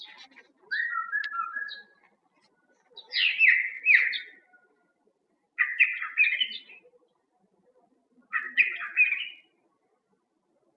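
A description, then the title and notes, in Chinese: A bird sings in spring, delivering four short phrases of bright, warbling notes at regular intervals of roughly two and a half seconds. Each burst lasts about a second, with quick trills and chirps, separated by near silence. 春天鸟鸣。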